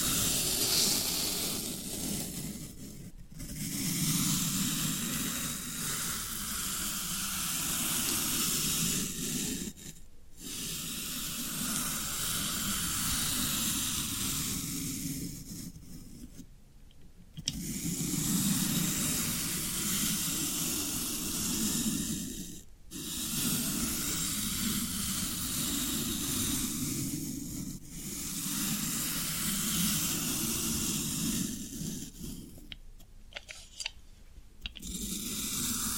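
Floral foam is worked in long, steady passes of dense, crackly hissing with a soft low rustle underneath. Brief pauses break the sound every five to seven seconds, near 3, 10, 17, 23 and 28 seconds, with a choppier stretch near the end.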